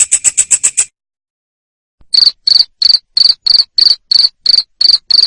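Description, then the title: Cricket: a quick burst of higher, thinner chirps opens, then a second of silence, followed by the regular loud chirps at about three per second. Loud cricket chirping played to stimulate lovebirds to keep singing (ngekek). "Suara JANGKRIK NGERIK Keras Bikin LOVEBIRD Jadi NGEKEK Terus Vubey"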